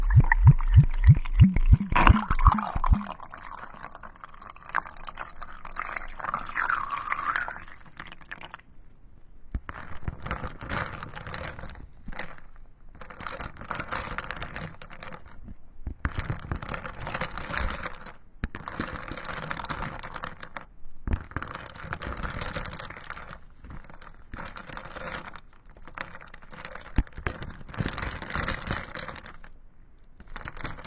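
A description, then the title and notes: Ice cubes clink and knock in water with sharp taps bunched in the first three seconds. After that, a soft, irregular crackling and rustling runs fairly dense, broken by short silences around 9, 12, 16 and 21 seconds. Ice cubes and water, ear picking.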